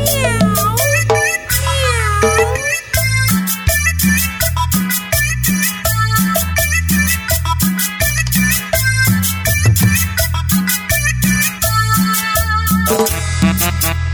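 Repeated cat meows with rising and falling pitch sound over loud, rhythmic music with a steady, heavy bass beat. The meows blend into the music rather than standing alone.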